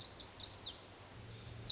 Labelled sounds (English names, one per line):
Lazuli Bunting